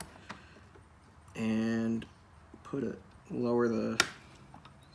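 An internal drive assembly (Data Doubler bracket) is slid back in and lowered inside a Mac Mini desktop chassis, with light handling ticks and taps as someone talks. Nothing has seated or snapped into place yet.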